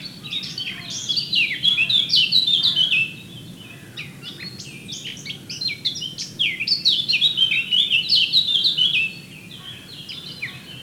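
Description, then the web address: Eurasian blackcap singing two energetic phrases of fast, jumbled warbling with clear fluty notes, split by a quiet gap of a few seconds. "SETE data Sylvia atricapilla"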